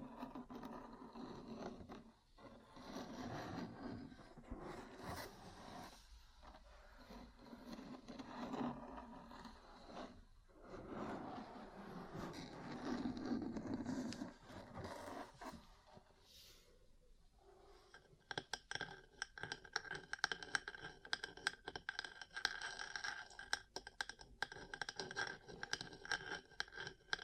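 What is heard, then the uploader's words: Rubbing and scraping sounds of ear cleaning and massage fill the first eighteen seconds, a dense, shifting low rustle with brief pauses. After that it turns into quick, crisp tapping, a rapid stream of bright clicks and knocks until the end. ASMR 3Dio Mic Test Ear Cleaning, Massage, Cupping, Tapping (No Talking).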